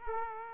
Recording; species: mosquito wingbeat signal from an infrared sensor; Aedes aegypti